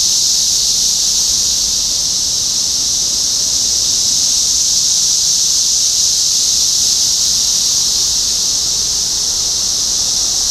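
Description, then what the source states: Cicadas keep up a constant, intense whirring drone with little change from start to end. Recorded in Topeka, Kansas, on 14 June 2015.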